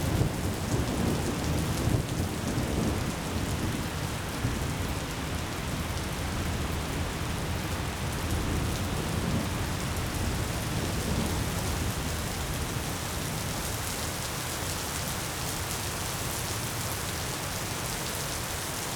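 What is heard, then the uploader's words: A rainstorm pours down steadily, a dense hiss of drops filling the whole range from low rumble to bright spatter. The downpour holds nearly constant through the clip, with a heavier, rumbling low end in the first few seconds that eases slightly afterward. The Rainstorm.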